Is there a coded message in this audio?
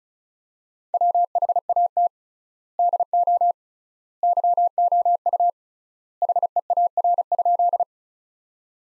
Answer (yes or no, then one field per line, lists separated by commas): yes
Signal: Morse code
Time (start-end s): 0.9-7.8 s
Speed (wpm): 36 wpm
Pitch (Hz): 700 Hz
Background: none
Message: WHAT DO YOU HEAR?